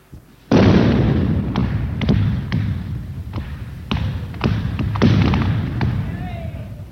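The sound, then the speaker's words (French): A sudden loud explosive blast, the final tunnel-blasting explosion in digging the Mont-Blanc road tunnel in August 1962, erupts into a sustained low rumble, punctuated by a series of sharp cracks and thuds at irregular intervals before slowly fading. “Le 14 août 1962, à 11h31 exactement, les deux équipes se rencontraient après la dernière explosion.”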